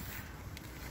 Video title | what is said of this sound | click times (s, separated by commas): CFR-SECCAM 6 thèmes permis BE | faisant attention à l'environnement la porte est bien verrouillé thème terminée | 0.6 s